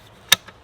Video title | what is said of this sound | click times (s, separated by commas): Building a WW2 Foxhole: One Day Build with 1965 Entrenching Tool | which locks into place | 0.3 s